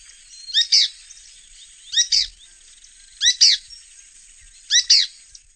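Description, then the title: Bird giving bright, high-pitched paired chirps, four bursts at roughly even intervals, over a quiet background hiss. "LuckyPassaro Completos2Sama"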